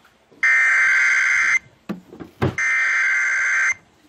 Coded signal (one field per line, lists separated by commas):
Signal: Emergency Alert System (SAME) tones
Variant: header bursts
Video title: ONE NIGHT...THREE DAVIDSONS... EAS Alerts from 7/5/20 (EAS #4,614 - 4,636)